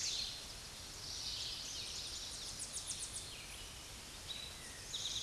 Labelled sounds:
Tennessee Warbler (Leiothlypis peregrina) song
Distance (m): 40 m
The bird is about 5 m above the microphone
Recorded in a Pennsylvania forest on 16 May 2024 at 08:11
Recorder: AudioMoth, point MSD-2349
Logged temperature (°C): 15.8 °C
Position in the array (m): 39 m, 24 m

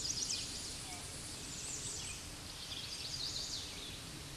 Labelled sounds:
Chestnut-sided Warbler (Setophaga pensylvanica) song
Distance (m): 20 m
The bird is about 10 m above the microphone
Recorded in a Pennsylvania forest on 16 May 2024 at 08:15
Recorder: AudioMoth, point MSD-0827
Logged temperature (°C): 12.1 °C
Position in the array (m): 104 m, 202 m

